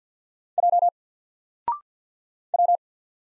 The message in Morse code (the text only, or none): J W